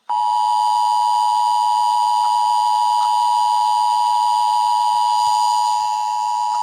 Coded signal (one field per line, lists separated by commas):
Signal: Emergency Alert System (SAME) tones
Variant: 853 and 960 Hz attention tone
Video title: EAS Scenario Tayo The Little Bus